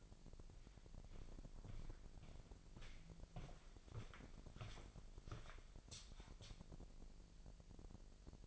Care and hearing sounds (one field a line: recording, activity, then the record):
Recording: daily activity, microphone in the room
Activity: walk to room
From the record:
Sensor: 5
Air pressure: 1002.1 hPa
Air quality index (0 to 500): 249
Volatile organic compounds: 7 ppm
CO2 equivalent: 2011 ppm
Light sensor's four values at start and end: 34/80/32/34 and 33/77/32/33